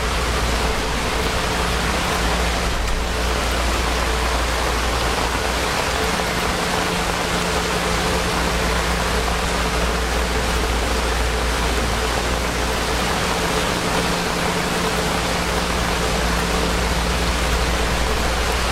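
Heavy rain pours down in a dense, unbroken hiss that fills the whole range from a deep low rumble to a bright top. The level holds steady for the full stretch, with a faint low hum running underneath and a brief swell near three seconds.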